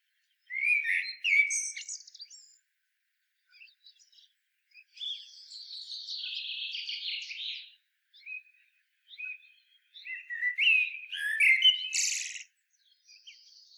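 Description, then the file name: Common blackbird giving a loud warble with high twitters, a long hissy chattering stretch, then another burst of squeaky notes. "Turdus merula"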